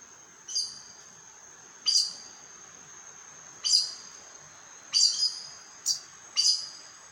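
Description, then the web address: Aracari calls: seven sharp, high squeaky notes at uneven intervals, some closely paired, against a continuous faint hiss. "sound Aracari. صدای-پرنده-پرزبان"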